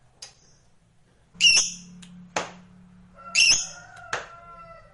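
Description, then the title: Lovebird giving a few loud, harsh high squawks, with thinner, shorter notes between them. Lovebird sound meant to stimulate a lazy, reluctant lovebird into singing spontaneously and eagerly. "LOVEBIRD Malas Bunyi JADI GREGET SPONTAN Langsung NARIK"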